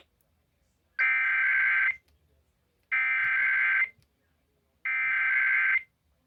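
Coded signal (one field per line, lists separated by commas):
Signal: Emergency Alert System (SAME) tones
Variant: header bursts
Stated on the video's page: Required Monthly Test received on radio.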